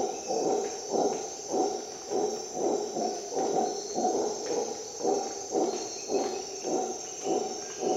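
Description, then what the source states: Howler monkey howls, rhythmic guttural pulses about twice a second throughout, against continuous high-pitched insect buzzing. Recorded at dawn in the jungle of Costa Rica during an expedition.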